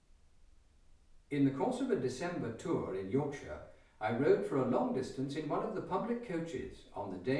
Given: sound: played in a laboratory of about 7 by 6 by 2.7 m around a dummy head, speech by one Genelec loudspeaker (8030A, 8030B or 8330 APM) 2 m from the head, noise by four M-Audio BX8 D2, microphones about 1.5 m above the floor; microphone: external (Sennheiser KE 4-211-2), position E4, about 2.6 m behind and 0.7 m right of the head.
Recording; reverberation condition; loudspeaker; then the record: male speech in English; medium; 60 degrees to the left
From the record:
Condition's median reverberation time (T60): about 510 ms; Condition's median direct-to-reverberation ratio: about -0.5 dB